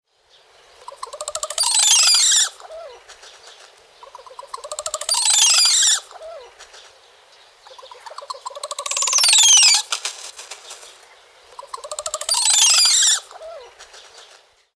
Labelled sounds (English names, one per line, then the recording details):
Crested Oropendola
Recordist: Tembrock, Günter
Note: Lautfolgen